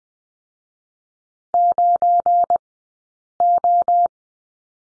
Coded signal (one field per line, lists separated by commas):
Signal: Morse code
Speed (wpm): 20 wpm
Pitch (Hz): 700 Hz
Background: none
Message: 9O